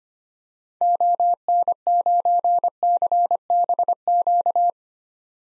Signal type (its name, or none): Morse code